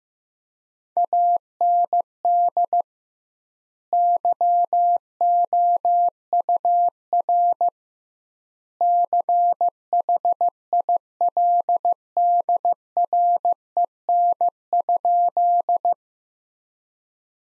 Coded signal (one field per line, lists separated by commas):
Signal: Morse code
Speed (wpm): 15 wpm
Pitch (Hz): 700 Hz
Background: none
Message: AND YOUR CHILDREN?